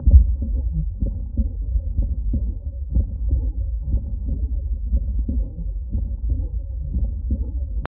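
Steady, regular low-pitched thumps repeat throughout over a faint low hum, with no music: adult heart sounds heard by stethoscope at Erb's point, the left third intercostal space beside the sternum, where both the first and second heart sounds are heard.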